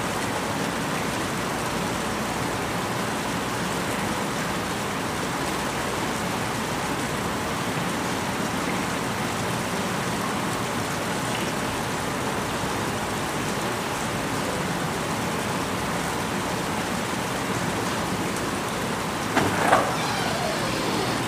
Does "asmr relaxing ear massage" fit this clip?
no